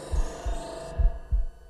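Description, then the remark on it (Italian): A heartbeat thumps twice in a low, muffled lub-dub rhythm, two double beats over a faint steady hum with no talking. “e i segreti del battito cardiaco.”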